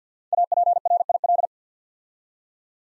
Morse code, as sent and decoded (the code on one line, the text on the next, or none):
.- .--. .-. .. .-..
APRIL